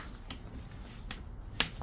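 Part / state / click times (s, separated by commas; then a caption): hinged lift-up bench section locking into the fixed layout frame / seated / 1.6 s. The hinged lift-up bench section of an HO scale model railway layout is lowered back into the fixed layout frame, with sharp clicks at about 0.3 s and 1.1 s. A louder, sharper click at 1.6 s marks the section locking into place, and it is seated.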